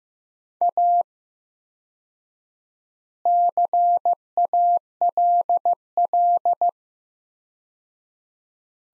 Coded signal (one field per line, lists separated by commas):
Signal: Morse code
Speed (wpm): 15 wpm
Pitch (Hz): 700 Hz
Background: none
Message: A CALL